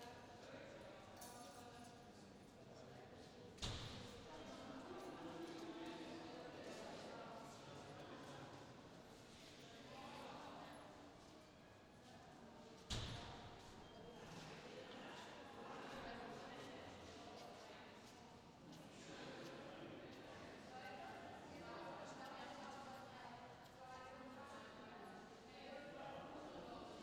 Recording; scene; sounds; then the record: everyday scene through a hearing-aid microphone; reverberant space; background noise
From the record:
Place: railway station hall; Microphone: in the ear canal, left